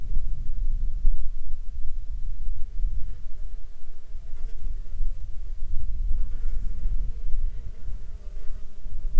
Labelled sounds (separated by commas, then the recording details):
wind, insects
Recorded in Ivvavik National Park, Yukon, on 9 July 2019 at 18:54
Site SINP03